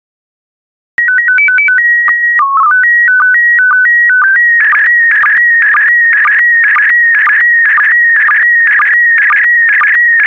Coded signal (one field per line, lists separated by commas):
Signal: SSTV (slow-scan television)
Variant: PD 120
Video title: 72009 Christmas SSTV PD120